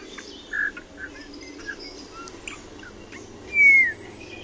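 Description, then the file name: Eurasian bullfinch giving soft whistled notes, one short pipe early and a longer falling whistle near the end, with faint chirps in between over a low steady hiss. "Gil"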